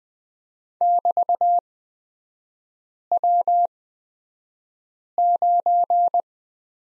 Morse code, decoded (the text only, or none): <BT>W9